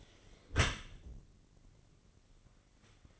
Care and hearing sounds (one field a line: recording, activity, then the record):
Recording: daily activity, microphone in the room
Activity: close dishwasher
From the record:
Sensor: 4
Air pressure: 1013.2 hPa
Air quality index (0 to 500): 177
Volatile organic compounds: 2 ppm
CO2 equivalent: 1116 ppm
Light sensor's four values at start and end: 86/214/89/92 and 86/214/89/92